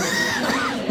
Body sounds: coughing mixed with background sound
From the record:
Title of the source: Spring Allergy Coughing

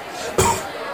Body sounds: coughing mixed with background sound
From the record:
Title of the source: Mid-morning Winter Coughing Fit

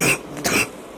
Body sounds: coughing mixed with background sound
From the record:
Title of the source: 31 night wet cough

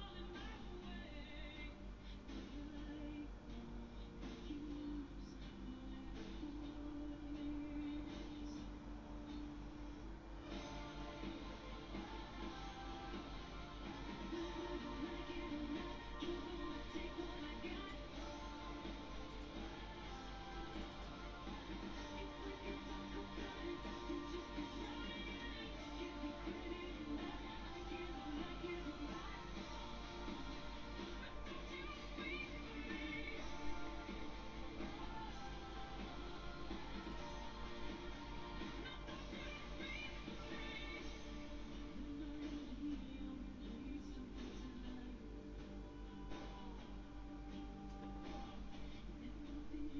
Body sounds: background sound without coughing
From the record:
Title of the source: BackgroundMusic4

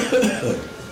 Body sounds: coughing mixed with background sound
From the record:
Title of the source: Spring Cold Coughing.

